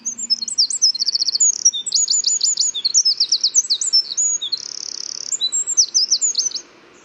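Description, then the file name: Eurasian wren song, a loud, rapid, high-pitched outpouring of sharp notes and fast buzzy trills lasting about six and a half seconds, then stopping abruptly. "Troglodytes troglodytes"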